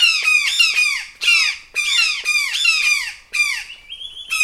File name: Brown Jay Alarm